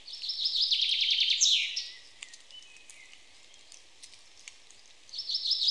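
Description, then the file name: Common chaffinch song, a bright trill ending in a quick flourish, then quiet with a few faint notes; a second phrase begins at the end. "Fringilla coelebs"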